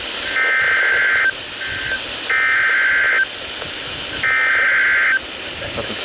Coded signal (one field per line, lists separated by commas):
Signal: Emergency Alert System (SAME) tones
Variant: header bursts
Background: speech